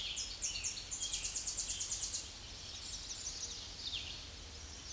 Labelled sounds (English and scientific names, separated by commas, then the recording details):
Tennessee Warbler (Leiothlypis peregrina) song
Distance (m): 15 m
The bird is about level with the microphone
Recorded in a Pennsylvania forest on 16 May 2024 at 07:35
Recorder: AudioMoth, point MSD-2306
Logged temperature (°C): 15.6 °C
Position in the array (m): 63 m, 50 m